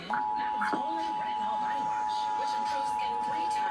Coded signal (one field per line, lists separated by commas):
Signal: Emergency Alert System (SAME) tones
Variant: 853 and 960 Hz attention tone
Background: speech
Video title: Required Monthly Test EAS-The Great Washington Shakeout drill(10-21-2021)